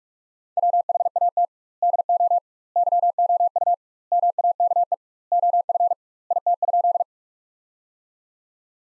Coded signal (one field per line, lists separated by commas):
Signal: Morse code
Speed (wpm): 43 wpm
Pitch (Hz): 700 Hz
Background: none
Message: WHAT DO YOU MAKE OF IT?